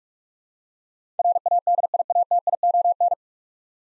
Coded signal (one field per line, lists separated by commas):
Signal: Morse code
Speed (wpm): 42 wpm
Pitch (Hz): 700 Hz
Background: none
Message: RADIATION